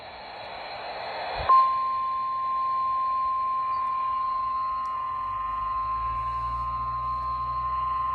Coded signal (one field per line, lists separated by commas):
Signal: Emergency Alert System (SAME) tones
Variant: 853 and 960 Hz attention tone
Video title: (EAS) Tropical Like, I think? - EAS Alerts from 6/19/23-6/21/23